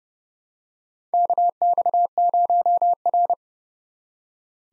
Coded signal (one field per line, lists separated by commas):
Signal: Morse code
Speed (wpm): 30 wpm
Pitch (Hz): 700 Hz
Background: none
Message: KX0R